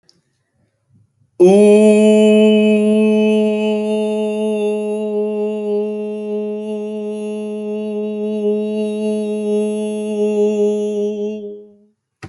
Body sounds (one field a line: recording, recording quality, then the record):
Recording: sustained vowel as in boot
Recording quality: excellent, no background noise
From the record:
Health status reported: exposed to COVID-19, no respiratory illness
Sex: male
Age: 26 years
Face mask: not worn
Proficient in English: yes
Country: India